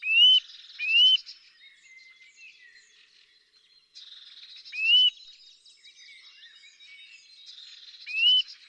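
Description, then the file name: Eurasian nuthatch with sharp rising whistles, a quick pair then two single notes, among higher chattering sounds. "Sitta europaea"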